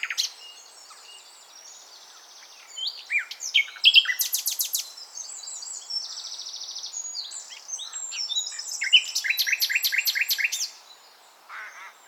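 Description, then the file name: Common nightingale singing varied rich phrases, buzzy rattles and pure whistles, building to a long run of rapid repeated notes before falling quiet. "Luscinia megarhynchos"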